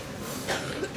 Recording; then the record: coughing mixed with background sound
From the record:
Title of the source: 64 coughing, allergies, singing lungs